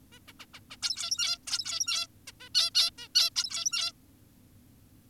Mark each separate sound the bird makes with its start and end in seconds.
0.12-0.19, 0.28-0.33, 0.40-0.46, 0.54-0.60, 0.71-0.77, 0.83-1.38, 1.47-2.07, 2.28-2.32, 2.40-2.49, 2.55-2.70, 2.75-2.91, 2.98-3.08, 3.15-3.30, 3.36-3.92